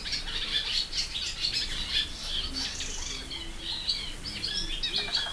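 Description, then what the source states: Sand martin calls, a busy chorus of short scratchy twittering notes overlapping throughout, many birds calling together. Hortobágy fish ponds, Hungary, 2014; in nature, from a bird-watching hide.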